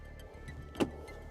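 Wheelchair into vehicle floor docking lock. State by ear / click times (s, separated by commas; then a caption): not seated / none. A wheelchair is being moved into a vehicle's floor docking lock. Music plays throughout, with a brief, bright transient near 0.8 seconds. Nothing has seated or locked yet.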